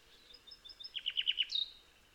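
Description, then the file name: Common nightingale song fragment: soft high notes followed by a rapid series of five emphatic downward chips and a final bright flourish. "Luscinia megarhynchos"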